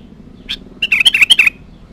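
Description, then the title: Sooty-headed bulbul singing a brief bubbly phrase: one higher introductory note, then several rapid, warbled notes. "Kutilang"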